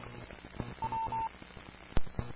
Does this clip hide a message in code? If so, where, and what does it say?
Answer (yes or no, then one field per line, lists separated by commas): no